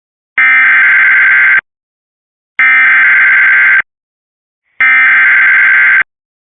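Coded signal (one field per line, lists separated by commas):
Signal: Emergency Alert System (SAME) tones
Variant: header bursts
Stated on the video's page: Severe thunderstorm warning relayed over Cox cable.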